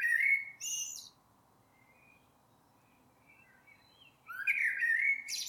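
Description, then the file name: Common blackbird's melodious low whistled song phrase with a shrill twittering tail, faint soft notes during the pause, then a fresh phrase rising into high squeaks. "Turdus merula"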